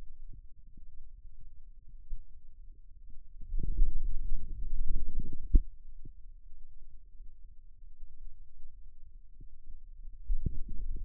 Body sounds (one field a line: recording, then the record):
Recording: forearm muscle sounds (acoustic myography)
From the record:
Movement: wrist flexion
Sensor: system 2, bracelet of six BSWA MPA416 microphones around the upper forearm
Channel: 2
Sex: male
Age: 22 years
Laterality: right